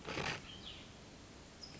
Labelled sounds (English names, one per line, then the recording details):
Cassin's Vireo
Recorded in Sonoma County, California